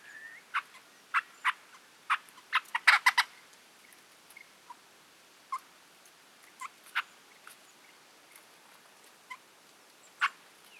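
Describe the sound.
Hall's babbler calls, sharp clipped notes spaced irregularly, with a quick rattling cluster near three seconds before sparse single notes resume.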